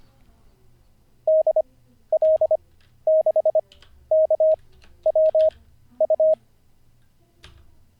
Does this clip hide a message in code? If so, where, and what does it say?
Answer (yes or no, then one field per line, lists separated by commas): yes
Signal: Morse code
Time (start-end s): 1.3-6.3 s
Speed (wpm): 25 wpm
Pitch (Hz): 630 Hz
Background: none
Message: DL6KWU